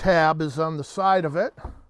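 Someone talks while handling a battery pack at the side slot of an EGO 765 CFM 56-volt leaf blower, with no distinct click or thump standing out. The clip ends before the pack is pushed in, so nothing has seated or clicked yet.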